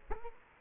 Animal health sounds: mosquito wingbeat signal from an infrared sensor; Culex quinquefasciatus

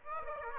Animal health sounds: mosquito wingbeat signal from an infrared sensor; Aedes aegypti

